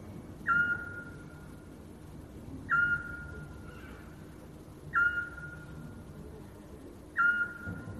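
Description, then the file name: Eurasian scops owl calling with a short, clear whistled note at even intervals of just over two seconds, four notes heard above a quiet hum. "Krik sovy - Splyushka"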